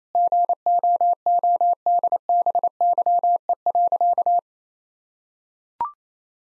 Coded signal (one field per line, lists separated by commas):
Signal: Morse code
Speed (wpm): 28 wpm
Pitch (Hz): 700 Hz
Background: none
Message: GOODBYE.